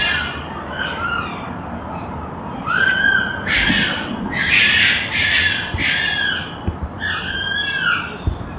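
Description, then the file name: Red fox fighting calls: quieter squeals at first, then loud grating screams and wavering squeals in close succession from about three seconds. More than one red fox; fighting. "red foxes fighting"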